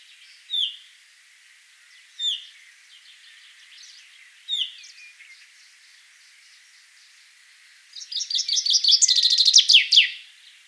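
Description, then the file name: Common chaffinch calls: short, sharp, high notes about every two seconds over soft background chatter, then a loud, dense burst of rapid notes near the end. "Fringilla coelebs"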